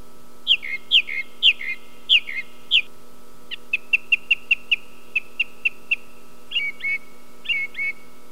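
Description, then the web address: Song thrush singing varied phrases, each repeated several times: slurred whistles, then a run of sharp clipped notes, then rich warbled pairs, with a low steady hum underneath. "sons oiseaux grive musicienne"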